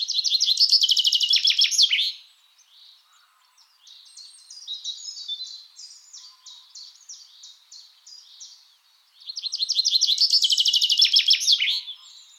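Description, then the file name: Common chaffinch sings two loud trills ending in flourishes, separated by a softer series of clipped notes. "Fringilla coelebs"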